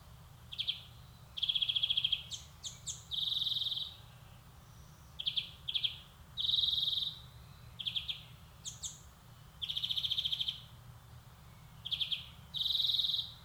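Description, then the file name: European greenfinch singing a varied run of ringing trills, short chirps and buzzy twittering phrases, with brief pauses between bursts. "Chloris chloris"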